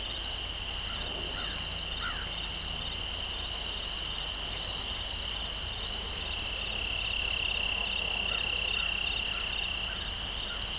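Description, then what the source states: Crickets chirping in a dense, unbroken high chorus, with pulsed chirps repeating and a few faint bird calls. Crickets and birds in an open field, nature ambience.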